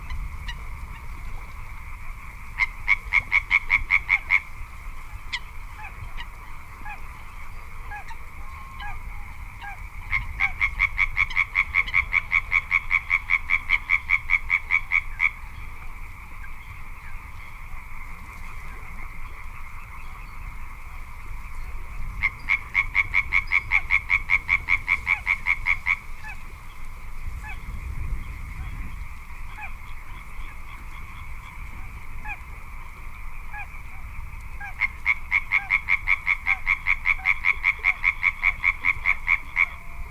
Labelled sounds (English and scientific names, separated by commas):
Little Crake (Porzana parva)